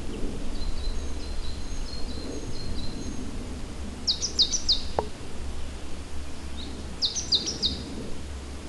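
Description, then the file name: Great tit giving faint high notes early on, then two louder bursts of three sharp downslurred chips, with constant low-pitched background hum throughout. "Parus major"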